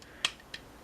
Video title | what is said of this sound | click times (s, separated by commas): Transformers Titans Return Voyager Class Sentinel Prime Review | rotate that up and they lock real securely it's SN nice into place | 0.2 s